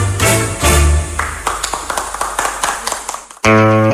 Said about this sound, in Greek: Και τα χειροκροτήματα, χαλαρά και λίγα, αλλά αυτός άντεξε να τον παρακολουθήσει μέχρι τέλους.